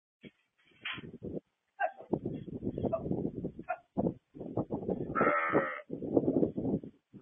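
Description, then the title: Sheep bleats among irregular noisy thumps and rustling. Sheep headbutted a man. "Man headbutted by a sheep"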